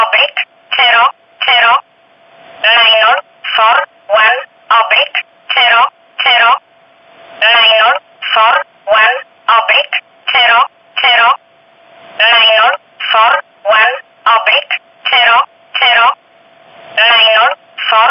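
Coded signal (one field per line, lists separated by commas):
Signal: numbers station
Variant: E11, English voice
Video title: 19 06 2019 E11 Oblique Numbers station in English 0640 on 15800 unknown tx site in USB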